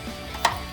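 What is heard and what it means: A drip tray with its drain tube is fitted onto the front of a frozen drink machine and pushed in, giving a single sharp click at 0.5 s as it seats into place. Music plays in the background throughout.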